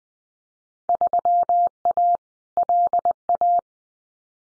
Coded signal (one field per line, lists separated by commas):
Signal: Morse code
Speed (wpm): 19 wpm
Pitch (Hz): 700 Hz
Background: none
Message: 3A LA